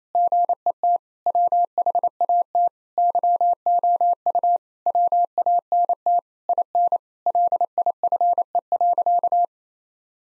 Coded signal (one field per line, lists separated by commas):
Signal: Morse code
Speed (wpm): 28 wpm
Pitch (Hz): 700 Hz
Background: none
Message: GET WHAT YOU WANT IN LIFE.